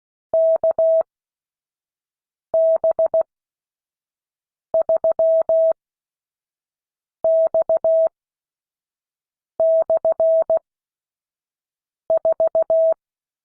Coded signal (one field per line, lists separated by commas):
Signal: Morse code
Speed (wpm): 16 wpm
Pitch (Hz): 650 Hz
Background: none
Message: KB3X/4